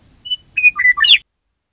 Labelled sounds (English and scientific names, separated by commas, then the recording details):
Western Meadowlark (Sturnella neglecta)
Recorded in Sonoma County, California